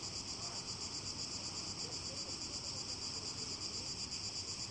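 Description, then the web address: Cicada song: a dense, shrill buzz that never pauses, slightly throbbing in rapid pulses over the whole stretch. Recorded in Greece on 29 July 2015. "cigales. grece"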